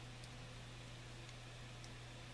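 The plastic body shell of a KATO model caboose is handled over its chassis frame, ready to be snapped back on one side at a time. A steady low hum and broadband hiss fill the clip, with only a few faint, soft high ticks. Nothing has seated or clicked into place yet.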